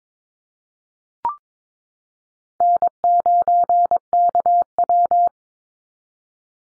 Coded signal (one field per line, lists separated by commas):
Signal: Morse code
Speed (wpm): 22 wpm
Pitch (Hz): 700 Hz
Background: none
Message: N9KW